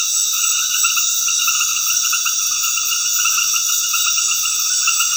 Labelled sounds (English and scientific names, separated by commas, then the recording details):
none
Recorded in dense forest near Puerto Asís, Putumayo, Colombia, on 19 February 2024 at 21:00
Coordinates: 0.496, -76.326
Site G6383